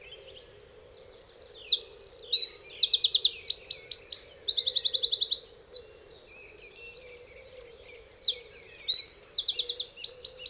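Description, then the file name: Eurasian wren delivering a long, energetic song of shrill repeated-note trills and rapid twitters, pausing briefly near the middle before bursting into more trilled phrases. "Troglodytes troglodytes"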